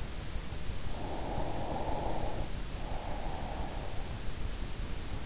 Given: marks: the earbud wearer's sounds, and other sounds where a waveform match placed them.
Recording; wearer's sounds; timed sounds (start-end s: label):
sounds in sleep by an in-ear microphone; breath
0.69-4.34 s: breath